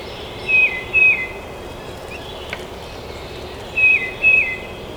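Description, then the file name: Tufted titmouse song: two downslurred whistles, a pause of about three seconds, then the pair again, over steady background hiss. Recorded at Trempealeau on 12 May 2018. "2018-05-12 TUTI-Trempealeau"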